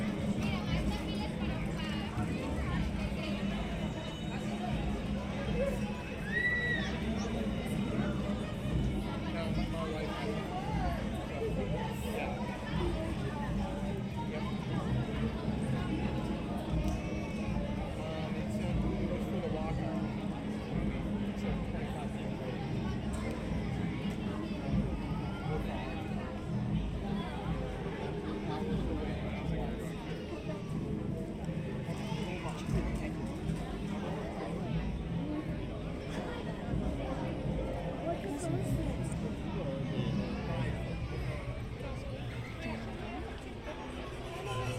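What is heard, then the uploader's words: Busy cantina ambience with a steady, dense wash of many overlapping voices, conversation mixed into a lively crowd babble. A low hum runs underneath throughout, and a brief high tone chirps near seven seconds. The level stays even, easing slightly at the end. Oga's Cantina (Disneyland) Binaural Ambience. Oga's Cantina, in Star Wars Galaxy's Edge.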